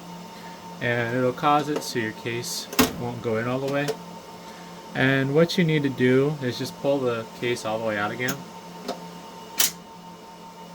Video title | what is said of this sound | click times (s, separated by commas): How to Troubleshoot Common Issues with Sliger’s General Devices C300S Friction Rack Slides | till these back latches pop into place. | 8.9 s, 9.6 s